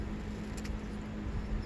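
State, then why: Not seated. During a top-end rebuild of an '03 Honda CR85R engine, one end of a metal piston pin circlip is placed in the slot of the piston groove and the clip is worked around the groove. Only quiet handling noise is heard over a steady low hum, with a brief faint tick at 0.7 s. Nothing has seated or clicked yet.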